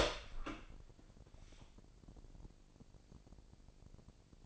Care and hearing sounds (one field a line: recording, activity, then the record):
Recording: daily activity, microphone in the room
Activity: open door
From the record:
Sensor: 5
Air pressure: 1012.4 hPa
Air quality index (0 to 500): 156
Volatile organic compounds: 2 ppm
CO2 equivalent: 1070 ppm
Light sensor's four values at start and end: 249/603/254/279 and 254/617/260/286